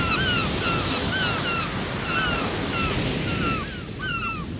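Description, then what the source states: Gulls crying in quick irregular succession over heavy breaking waves and wind. Beachside.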